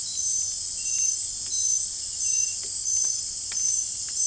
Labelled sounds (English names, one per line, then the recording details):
none
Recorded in dense forest near Puerto Asís, Putumayo, Colombia, on 23 June 2025 at 23:00
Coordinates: 0.503, -76.323
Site G059